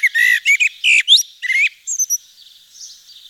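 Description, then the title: Eurasian blackbird song: a few low, mellow fluted notes, then a rising phrase that ends in thin, high twittering squeaks. Nord, France. "Sylvain Jaskowiak - Mes piafs. Merle noir dans le Nord"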